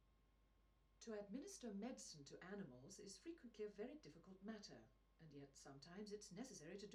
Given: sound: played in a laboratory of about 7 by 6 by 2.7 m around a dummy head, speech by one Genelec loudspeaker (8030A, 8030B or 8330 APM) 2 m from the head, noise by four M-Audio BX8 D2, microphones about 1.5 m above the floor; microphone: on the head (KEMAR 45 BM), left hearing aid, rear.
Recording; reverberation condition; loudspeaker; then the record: female speech in English; low; in front (0 degrees)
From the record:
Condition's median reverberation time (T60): about 310 ms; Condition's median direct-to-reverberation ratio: about 3.5 dB